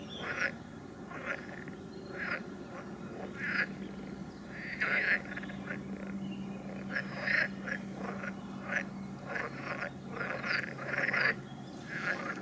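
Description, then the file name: Chorus of frogs giving repeated short croaks in irregular bursts, with a low steady drone running through the middle of the recording. "Ni Gi D - Nature Recordings - Frogs"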